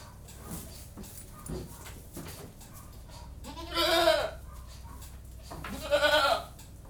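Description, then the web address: Domestic goat gives two loud wavering bleats over a steady low mechanical hum, after a few faint clicks and knocks. Goats in a goat-house, general atmosphere with a milking machine running in the background. "Sound Effects Library (Livestock) General atmosphere in goat-house, with milking machine in background"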